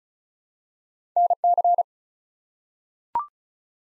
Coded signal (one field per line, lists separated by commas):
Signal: Morse code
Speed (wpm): 34 wpm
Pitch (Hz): 700 Hz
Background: none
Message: NC